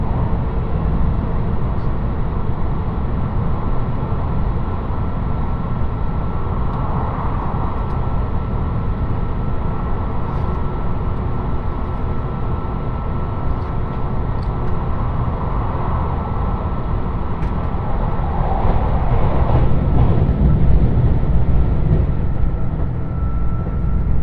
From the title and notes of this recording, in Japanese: 予讃線特急宇和海5号 松山→伊予大洲。伊予市から西は非電化区間なのでディーゼル特急となります。TSE2000系の特急宇和海5号は2両編成。窓側座席をキープしました。